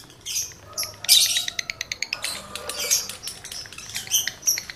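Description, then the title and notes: Lovebird chattering song, rapid high-pitched twittering and clicking notes in dense bursts, with a louder squeaky burst near one second. Male lovebird in breeding condition; song used as a lure to stimulate other lovebirds to sing. "Birahi Lovebird Jantan ke Gacor. Pancingan Suara Lovebird jantan birahi"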